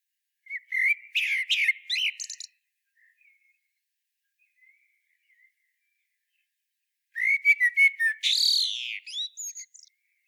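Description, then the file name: Common blackbird song, a short fluty warble with squeaky flourishes, then silence, then a longer phrase of mellow whistles closing in a high, strained twitter. "Turdus merula"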